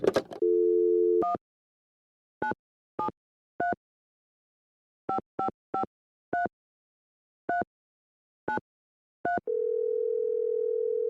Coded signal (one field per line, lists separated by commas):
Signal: DTMF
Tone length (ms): 100 ms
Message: 1973 5553393